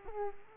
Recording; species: mosquito wingbeat signal from an infrared sensor; Culex quinquefasciatus